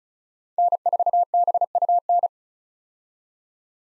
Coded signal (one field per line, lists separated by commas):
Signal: Morse code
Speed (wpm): 34 wpm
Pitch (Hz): 700 Hz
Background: none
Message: N4BUN